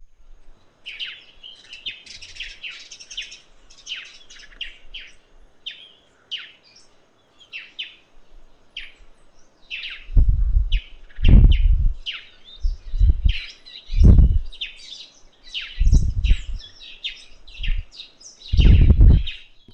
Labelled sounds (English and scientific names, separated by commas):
Parrot-billed Sparrow (Passer gongonensis)